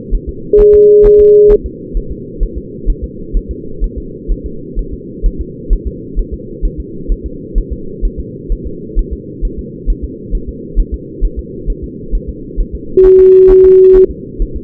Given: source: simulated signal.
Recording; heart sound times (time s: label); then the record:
fetal heart sounds
0.15 s: S1
0.29 s: S2
0.60 s: S1
0.75 s: S2
1.06 s: S1
1.20 s: S2
1.52 s: S1
1.66 s: S2
1.97 s: S1
2.12 s: S2
2.43 s: S1
2.58 s: S2
2.90 s: S1
3.04 s: S2
3.37 s: S1
3.51 s: S2
3.84 s: S1
3.98 s: S2
4.32 s: S1
4.46 s: S2
4.79 s: S1
4.93 s: S2
5.26 s: S1
5.41 s: S2
5.73 s: S1
5.87 s: S2
6.19 s: S1
6.34 s: S2
6.65 s: S1
6.80 s: S2
7.12 s: S1
7.26 s: S2
7.58 s: S1
7.73 s: S2
8.05 s: S1
8.20 s: S2
8.52 s: S1
8.67 s: S2
8.99 s: S1
9.13 s: S2
9.45 s: S1
9.59 s: S2
9.90 s: S1
10.04 s: S2
10.35 s: S1
10.49 s: S2
10.80 s: S1
10.94 s: S2
11.25 s: S1
11.39 s: S2
11.70 s: S1
11.84 s: S2
12.15 s: S1
12.29 s: S2
12.60 s: S1
12.75 s: S2
13.06 s: S1
13.20 s: S2
13.51 s: S1
13.65 s: S2
13.96 s: S1
14.11 s: S2
14.42 s: S1
14.57 s: S2
From the record:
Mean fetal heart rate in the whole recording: 130 bpm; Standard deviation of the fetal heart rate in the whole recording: 4 bpm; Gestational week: 38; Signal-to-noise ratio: -4.3 dB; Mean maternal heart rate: 72 bpm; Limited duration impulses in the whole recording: present